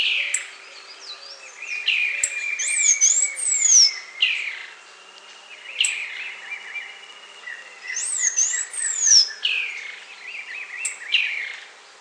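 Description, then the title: Half-collared sparrow singing: two high, thin phrases of sharp whistled slurs and chips, each several seconds long, separated by a pause, with a faint steady low hum beneath. "LuckyPassaro Completos2Sama. Half-collared Sparrow (Arremon semitorquatus)"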